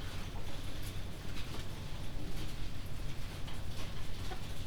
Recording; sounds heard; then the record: poultry house recording; healthy chickens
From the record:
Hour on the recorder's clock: 21